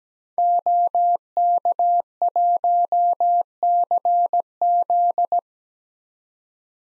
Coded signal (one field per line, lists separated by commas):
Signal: Morse code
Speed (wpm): 17 wpm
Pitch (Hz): 700 Hz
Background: none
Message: OK1CZ